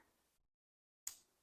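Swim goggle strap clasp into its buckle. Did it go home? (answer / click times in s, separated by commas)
yes / 1.1 s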